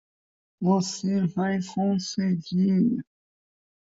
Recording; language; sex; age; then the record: short text; Brazilian Portuguese; male; 20 to 29 years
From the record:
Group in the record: control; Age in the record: 21 years